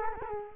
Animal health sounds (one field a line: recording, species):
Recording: mosquito wingbeat signal from an infrared sensor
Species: Culex quinquefasciatus